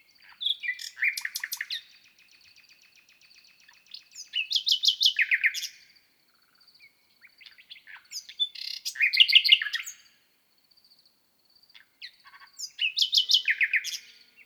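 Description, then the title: Common nightingale singing four strophes, each a fast run of repeated sharp notes ending in lower fluty slurs, with pauses of about two seconds between them. On the Lesches-en-Diois plateau in the Drôme, France, at 1000 m altitude; at night on 6 May 2018, microphones at the foot of a bush. "naturophonie. Rossignol 2018"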